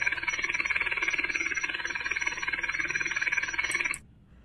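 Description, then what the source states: Common field grasshopper song: a steady pulsed buzz running for about four seconds, then stopping abruptly. Likened to the sound of a lawnmower or a helicopter.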